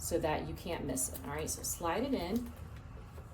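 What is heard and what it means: A two-prong temperature probe connector for a Trilogy ventilator circuit is lined up by its triangle key with the port on the humidifier's heated water chamber and starts to slide in while someone talks. The clip ends before the connector goes home, so nothing has snapped or seated yet.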